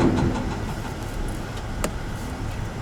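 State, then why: Seated. An LED fog light bulb or its plug is pushed into the fog light housing of a Cascadia truck over a steady low engine-like rumble. A single sharp click at 1.8 s marks it seating in place.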